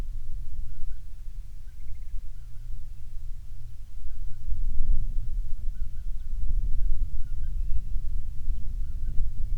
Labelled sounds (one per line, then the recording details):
songbird
waterfowl
wind
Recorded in the Prudhoe Bay oil fields, Alaska, on 30 June 2019 at 00:32
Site 22